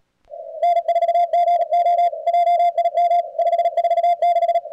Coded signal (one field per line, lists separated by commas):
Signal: Morse code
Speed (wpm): 37 wpm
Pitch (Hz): 660 Hz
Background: radio noise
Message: N4GO JIM 546